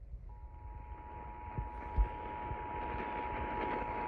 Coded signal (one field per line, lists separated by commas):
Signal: Emergency Alert System (SAME) tones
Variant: 853 and 960 Hz attention tone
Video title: CLOSING OUT 2025... EAS Tests from December 2025 (EAS #6,516 - 6,535)